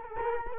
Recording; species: mosquito wingbeat signal from an infrared sensor; Culex quinquefasciatus